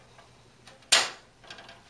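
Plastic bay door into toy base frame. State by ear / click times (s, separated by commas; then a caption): seated / 0.9 s. The outer bay door of a plastic toy playset base, already hinged in at the bottom, has its top tab marked "pull" pushed into the base frame. A sharp, bright snap at 0.9 s is the tab locking into place, followed by a few faint light ticks. The door is seated.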